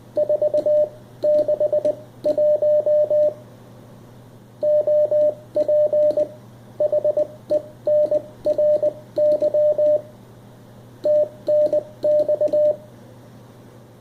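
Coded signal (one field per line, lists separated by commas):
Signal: Morse code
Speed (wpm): 20 wpm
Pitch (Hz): 600 Hz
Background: radio noise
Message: 461 OP HENRY TNX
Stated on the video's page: Morse received on a radio and decoded by an MFJ-461 reader connected to the speaker.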